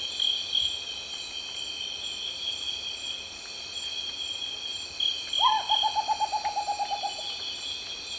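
Rufous potoo call: a short note that breaks into a stuttering run of about a dozen pulses, slowly falling and fading, over a steady insect chorus.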